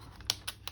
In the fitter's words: And you'll kind of hear like a little click kind of thing, and then you'll know that they're in there properly.